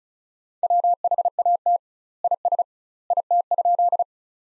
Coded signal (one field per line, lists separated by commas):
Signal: Morse code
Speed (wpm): 36 wpm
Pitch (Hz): 700 Hz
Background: none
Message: WHAT IS IT?